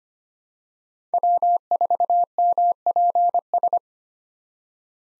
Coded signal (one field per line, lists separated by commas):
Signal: Morse code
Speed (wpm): 25 wpm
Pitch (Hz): 700 Hz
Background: none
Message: W4MPS